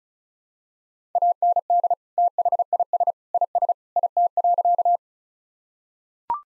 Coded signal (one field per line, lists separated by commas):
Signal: Morse code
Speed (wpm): 34 wpm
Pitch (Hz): 700 Hz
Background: none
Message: AND THIS IS IT.